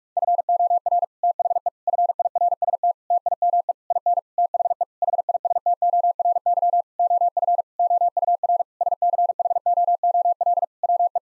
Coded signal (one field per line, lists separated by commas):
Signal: Morse code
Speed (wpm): 41 wpm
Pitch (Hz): 700 Hz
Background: none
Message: FOR THE FIRST TIME IN THE HISTORY OF OUR SCHOOL WE